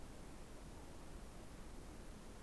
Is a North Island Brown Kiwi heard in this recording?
no